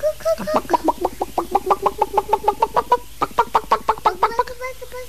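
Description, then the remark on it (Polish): A person imitates a clucking hen, producing a quick, steady series of about twenty short, voiced clucks with a nasal, mid-pitched tone, starting and ending with slightly longer drawn-out notes. “Pamiętasz kury i kurczaki i koguty?”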